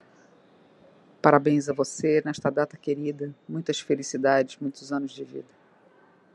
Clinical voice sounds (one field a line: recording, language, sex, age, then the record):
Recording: short text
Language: Brazilian Portuguese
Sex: female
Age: 50 to 59 years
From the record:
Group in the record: control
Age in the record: 55 years